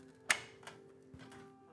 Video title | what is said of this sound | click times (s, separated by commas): PC Building stream | that's a click we heard a click ladies and gentlemen think we have blast off | 0.3 s